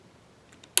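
A ratcheting hose clamp is squeezed on the rubber breather hose of a Predator 8750 generator. Two faint ticks at 0.5 and 0.6 seconds lead into a sharp, loud click at 0.8 seconds as the clamp clicks down for the third and final time and seats.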